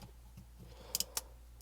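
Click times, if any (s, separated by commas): 0.9 s, 1.2 s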